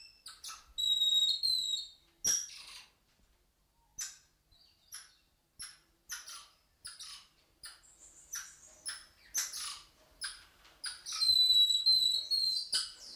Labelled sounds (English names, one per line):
Golden Lion Tamarin call